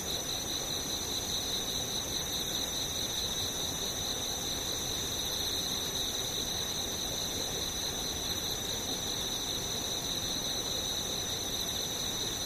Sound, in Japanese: ムシ